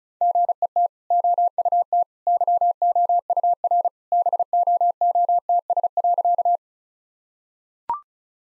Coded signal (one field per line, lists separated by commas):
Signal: Morse code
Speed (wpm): 34 wpm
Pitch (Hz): 700 Hz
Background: none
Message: GET OUT YOUR BOOTS.